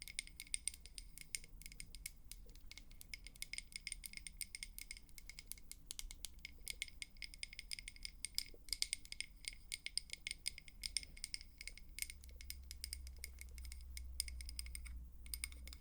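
Rapid, dense tapping clicks run steadily throughout, bright and crisp, over a low rumble that swells slightly near the end.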